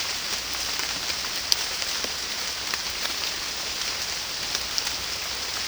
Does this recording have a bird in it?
no